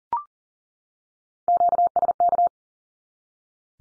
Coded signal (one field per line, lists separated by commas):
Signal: Morse code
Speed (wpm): 40 wpm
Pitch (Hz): 700 Hz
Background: none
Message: QSK